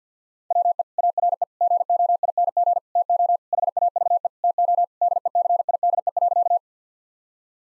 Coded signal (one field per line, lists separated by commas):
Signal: Morse code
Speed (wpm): 50 wpm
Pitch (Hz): 700 Hz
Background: none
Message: WE ARE GOING TO HAVE TO DECIDE.